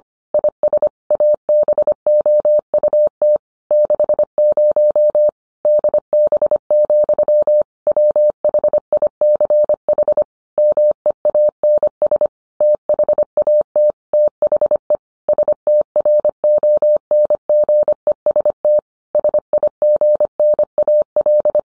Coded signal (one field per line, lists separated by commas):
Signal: Morse code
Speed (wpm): 25 wpm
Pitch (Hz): 600 Hz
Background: none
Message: IS ABOUT 60 DB, WHICH MEANS THAT THE STRONGEST SIGNAL